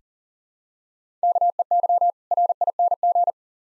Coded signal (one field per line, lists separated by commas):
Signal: Morse code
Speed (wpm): 40 wpm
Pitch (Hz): 700 Hz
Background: none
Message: KEY RING